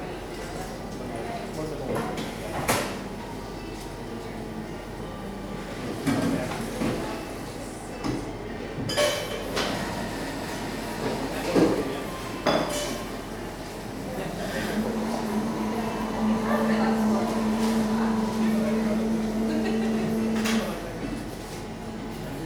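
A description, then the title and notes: A coffee shop with a steady murmur of voices and a constant low hum underneath. Sharp clinks of dishes and cups break through every few seconds, and a droning tone rises from about fifteen to twenty seconds before fading. Coffee shop, part 3.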